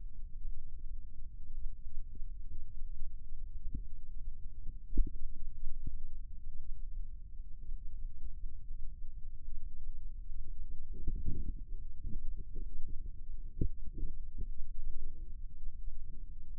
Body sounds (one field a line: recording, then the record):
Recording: forearm muscle sounds (acoustic myography)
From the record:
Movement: rest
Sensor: system 2, bracelet of six BSWA MPA416 microphones around the upper forearm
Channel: 5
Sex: male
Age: 22 years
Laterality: right